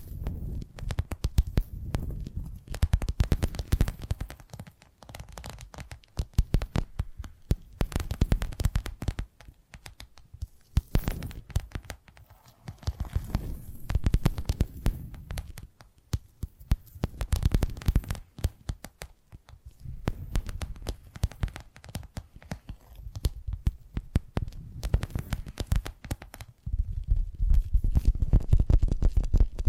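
Tapping triggers: dense, quick clusters of soft taps with a dull, low, thudding body, coming in bursts that swell and ease every few seconds. The pace stays busy throughout, with brief near-silent gaps around 11 and 20 seconds and a heavier run near the end.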